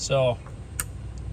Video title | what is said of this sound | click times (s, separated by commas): How to Install a 10.1” Touchscreen in a Honda Civic | make sure that clicks down | 0.8 s